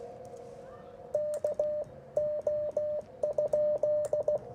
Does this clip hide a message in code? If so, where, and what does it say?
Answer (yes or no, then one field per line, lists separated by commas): yes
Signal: Morse code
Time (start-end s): 1.1-4.4 s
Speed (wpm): 16 wpm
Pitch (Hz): 600 Hz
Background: radio noise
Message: KO?